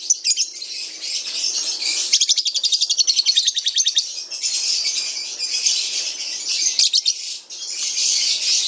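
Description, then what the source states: Lovebird chattering song, a harsh high buzzy chatter broken by bursts of rapid pulsed trilling around two to four seconds and again near seven seconds. Master song recording of lovebird ngekek, the long trilling style, called among the longest, used as kicau pancingan, a lure song to prompt other birds.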